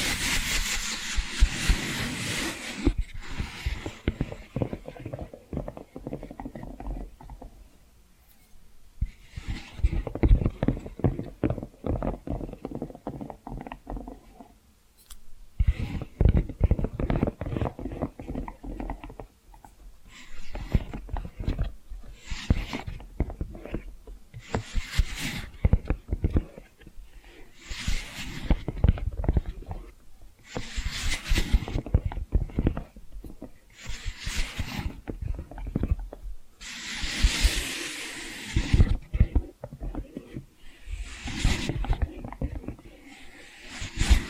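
Dense bursts of tapping and scratching run throughout, bright hissy scrapes alternating with rapid low knocks, with brief pauses near 9 and 15 seconds.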